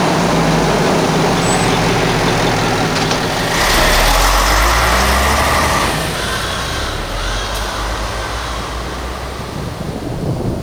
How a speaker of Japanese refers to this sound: もうすぐお父さんに会えますよ。宇宙センター行きのバスが来ましたよ。